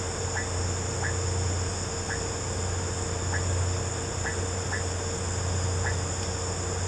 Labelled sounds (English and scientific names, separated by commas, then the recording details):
none
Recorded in pastures near Puerto Asís, Putumayo, Colombia, on 13 March 2025 at 17:00
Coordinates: 0.466, -76.322
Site CSA-02